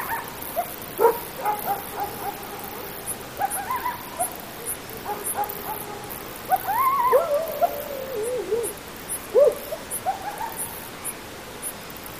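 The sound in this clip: Coyote yips and howls: scattered short yelps, then a wavering rising-and-falling howl near the middle and a sharp yelp afterwards, over a steady hiss.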